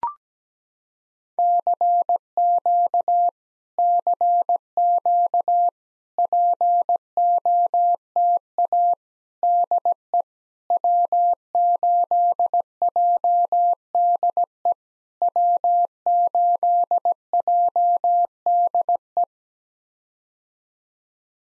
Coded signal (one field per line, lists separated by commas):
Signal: Morse code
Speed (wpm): 17 wpm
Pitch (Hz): 700 Hz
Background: none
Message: CQ CQ POTA DE W8JDE W8JDE